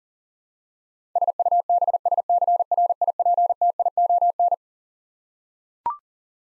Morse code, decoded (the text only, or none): SUBSCRIPTION